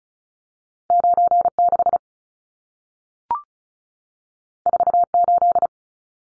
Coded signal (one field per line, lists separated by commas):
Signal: Morse code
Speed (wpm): 36 wpm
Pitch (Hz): 700 Hz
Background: none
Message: 96 48